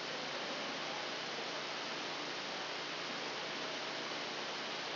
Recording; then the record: brain microelectrode recording played as sound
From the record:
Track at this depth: outside the subthalamic nucleus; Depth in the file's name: 1.313 mm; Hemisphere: left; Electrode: 2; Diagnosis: Parkinson's disease